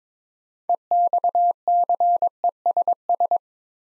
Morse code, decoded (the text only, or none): EXCESS